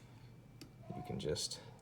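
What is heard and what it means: A removable tungsten balance weight is handled at the flush spacer of a balisong, to be pushed in with the tip of a pen, while someone talks. A brief tick sounds at about 0.6 s. Nothing has seated or snapped into place yet by the end of the clip.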